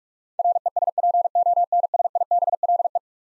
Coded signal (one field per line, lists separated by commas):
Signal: Morse code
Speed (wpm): 46 wpm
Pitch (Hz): 700 Hz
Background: none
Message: RESPONSIBLE